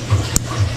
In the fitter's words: dapat marinig niyo yung click